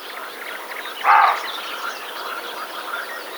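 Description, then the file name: Roe deer gives a single short, rough bark just after one second, while songbirds chirp softly in the background. "capreolus capreolus"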